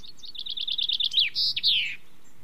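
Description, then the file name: Common chaffinch song: a fast series of bright repeated notes ending in a buzzy, descending final flourish, over low background noise. "pinson"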